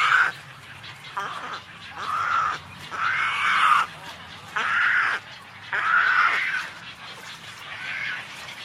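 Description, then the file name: Pelican calls: harsh, nasal squawks, several in a row separated by short gaps. "canto do pelicano"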